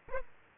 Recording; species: mosquito wingbeat signal from an infrared sensor; Aedes aegypti